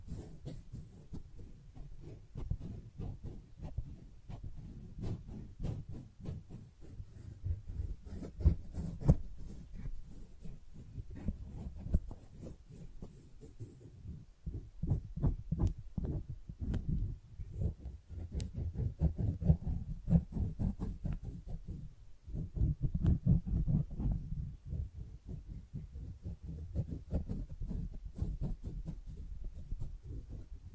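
Soft crinkling and tapping of flowers, dense low rustles with frequent brief clicks throughout, and a faint high hiss in the first half.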